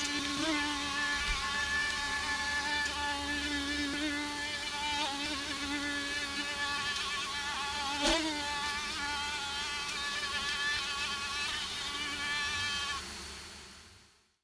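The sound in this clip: Mosquitoes whining as a thick, buzzing chorus of wavering tones, steady for about thirteen seconds before fading out at the end.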